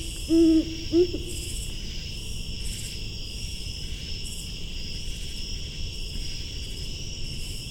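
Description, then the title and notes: Great horned owl hooting: two low, mellow hoots in quick succession near the start, then quiet, over a steady high insect drone throughout. Possibly female, calling from forest at Patuxent Research Refuge, Laurel, Maryland, on September 8, 2015 at 8:18 pm, about 80 degrees; recorded with Fostex FR-2, Sennheiser ME-62 and Telinga parabola. "Great Horned Owl (female?). Great Horned Owl calling from forest at Patuxent Research Refuge in Laurel, MD on September 8, 2015 at 8:18pm"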